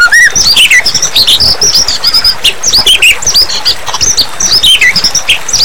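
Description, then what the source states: White-rumped shama song: a continuous medley of high, sharp whistles, chattering notes and squawky phrases, rapidly changing in pitch. Mixed singing style (campuran) of the shama.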